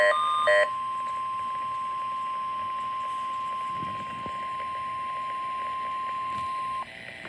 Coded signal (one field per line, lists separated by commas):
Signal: Emergency Alert System (SAME) tones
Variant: 1050 Hz attention tone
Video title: Required Weekly Test #2 (3/13/2024) (EAS #62)